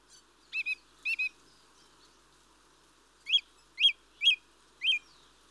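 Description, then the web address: Mistle thrush producing short harsh call notes, first a pair of doubled bursts, then four single rasping notes at roughly half-second intervals. "BBC Sound Effects Library Birds Mistle Thrush (Turdus Viscivorus)"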